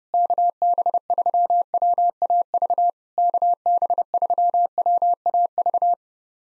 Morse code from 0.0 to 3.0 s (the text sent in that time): KB3WAV